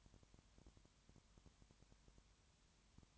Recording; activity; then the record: daily activity, microphone in the room; no activity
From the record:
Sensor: 3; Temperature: 21.1 degrees Celsius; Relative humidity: 37.0%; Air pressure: 1010.6 hPa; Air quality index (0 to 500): 204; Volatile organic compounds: 31 ppm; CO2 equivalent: 2979 ppm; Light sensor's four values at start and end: 2/3/2/2 and 2/3/2/2